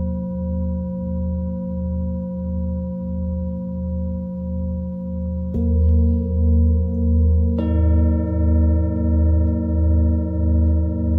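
A Tibetan singing bowl hums in long, steadily pulsing tones, with two struck notes near six and eight seconds swelling it louder and richer.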